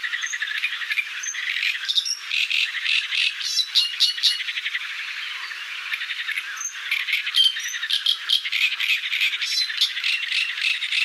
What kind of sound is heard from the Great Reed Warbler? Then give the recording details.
song. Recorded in the wild. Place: Damtschik/Wolgadelta, RU. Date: 1995-05-14. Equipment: Dat-Recorder Casio DA 7, Telinga DAT, Telinga-Parabolspiegel. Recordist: Schwarz, Dieter